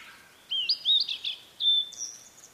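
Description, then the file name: Blue-and-white flycatcher giving a short phrase of fluid, slurred whistles, then a higher thin note. "oruri"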